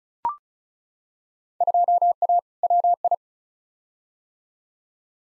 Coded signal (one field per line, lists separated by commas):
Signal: Morse code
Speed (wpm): 34 wpm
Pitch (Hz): 700 Hz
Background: none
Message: 2A WI